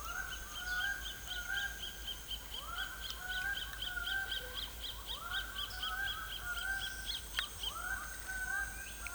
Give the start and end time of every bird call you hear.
[0.00, 9.14] bird call

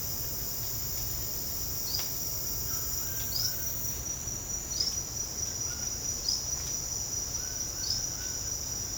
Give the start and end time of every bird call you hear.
[1.80, 2.16] bird call
[2.63, 3.66] bird call
[4.69, 5.02] bird call
[5.60, 5.89] bird call
[6.18, 6.43] bird call
[7.31, 8.41] bird call

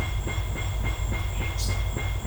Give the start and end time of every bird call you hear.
[1.55, 1.83] bird call

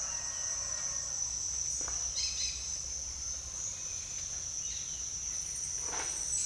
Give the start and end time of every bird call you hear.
[2.14, 2.62] bird call
[5.80, 6.45] bird call

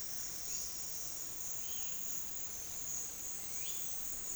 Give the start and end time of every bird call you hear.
[1.55, 1.96] bird call
[3.43, 4.00] bird call

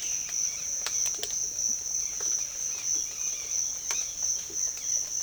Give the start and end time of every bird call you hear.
[1.93, 5.03] bird call

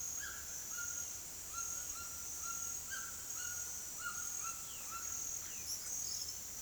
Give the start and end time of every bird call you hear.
[0.00, 5.34] bird call

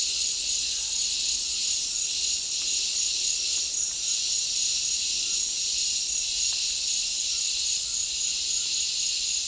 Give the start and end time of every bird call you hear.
[3.49, 4.20] bird call
[7.29, 8.69] bird call

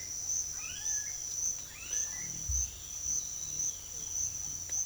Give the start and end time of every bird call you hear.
[0.00, 2.29] bird call

